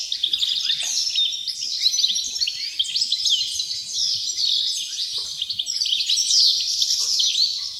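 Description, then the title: Wrens in a chorus of many high, thin chirps and rapid trills, overlapping continuously throughout with no pauses. Dozens of wrens in a home's backyard at Dover, southern Tasmania. "Nature Sounds Tasmania - Dover Wrens"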